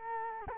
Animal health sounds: mosquito wingbeat signal from an infrared sensor; Culex quinquefasciatus

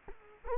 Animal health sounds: mosquito wingbeat signal from an infrared sensor; Culex quinquefasciatus

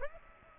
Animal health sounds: mosquito wingbeat signal from an infrared sensor; Aedes aegypti

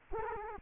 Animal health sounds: mosquito wingbeat signal from an infrared sensor; Culex quinquefasciatus

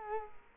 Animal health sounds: mosquito wingbeat signal from an infrared sensor; Culex quinquefasciatus

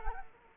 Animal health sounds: mosquito wingbeat signal from an infrared sensor; Culex quinquefasciatus

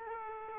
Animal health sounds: mosquito wingbeat signal from an infrared sensor; Aedes aegypti

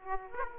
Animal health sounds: mosquito wingbeat signal from an infrared sensor; Aedes aegypti

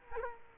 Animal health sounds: mosquito wingbeat signal from an infrared sensor; Culex quinquefasciatus

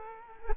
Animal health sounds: mosquito wingbeat signal from an infrared sensor; Culex quinquefasciatus

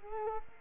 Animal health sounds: mosquito wingbeat signal from an infrared sensor; Culex quinquefasciatus

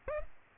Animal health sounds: mosquito wingbeat signal from an infrared sensor; Aedes aegypti

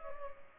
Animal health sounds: mosquito wingbeat signal from an infrared sensor; Culex pipiens

